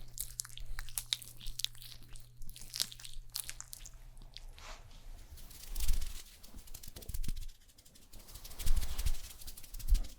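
Fast ASMR makeup sounds: quick crackly taps, brushing and crinkling layered densely, with bright scratchy bursts near six and nine seconds. A low steady hum runs under the first four seconds, then fades, leaving busier rubbing and rustling.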